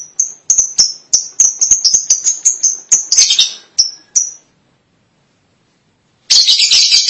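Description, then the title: Lovebird chirps in a quick high series with a scratchy flurry, a silent gap, then loud harsh chattering. "BM Suara Burung Lovebird"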